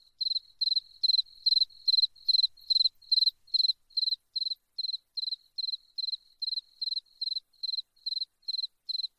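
Cricket chirping, steady high pulsed trills repeated more than twice a second, each chirp a short burst of rapid pulses, with otherwise silent background.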